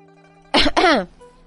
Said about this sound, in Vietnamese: Bên ngoài bình phong truyền tới tiếng ho nhẹ.